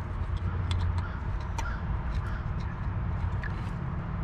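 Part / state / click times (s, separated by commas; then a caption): wiring harness connector on engine sensor / released / 0.7 s. The lock tab on a plastic wiring harness connector at an engine sensor on an LS swap is squeezed, and the connector is pulled out. A small, sharp click at 0.7 s marks the connector releasing. A steady low rumble runs underneath, with a few fainter ticks later on.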